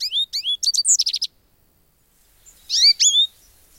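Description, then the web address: Goldfinch song, quick bursts of bright, tinkling twitters with rising and falling notes, a pause, then a shorter twittering phrase. "Wildlife Sounds. Goldfinch"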